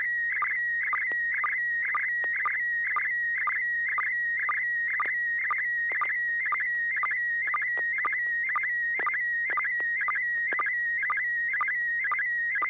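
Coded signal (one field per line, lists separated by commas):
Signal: SSTV (slow-scan television)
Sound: steady high warbling tone, broken by a rhythmic chirpy dip about twice a second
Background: low mains hum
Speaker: image I'll let others take a guess first before I guess starting with Carol kp4mg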